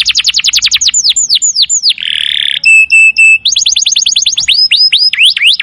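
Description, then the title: Canary singing a rapid series of falling whistled sweeps, a brief harsh buzz, clipped steady tones, then renewed quick trills. Belgian canary; long, sustained song used to prompt young canaries into singing. "Canto Para Esquentar Canário Belga. Suara Kenari Nembak Panjang. Cocok buat pancingan kenari muda"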